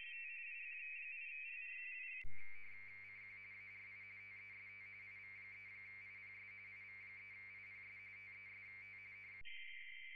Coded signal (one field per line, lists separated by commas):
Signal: RTTY